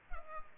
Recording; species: mosquito wingbeat signal from an infrared sensor; Culex pipiens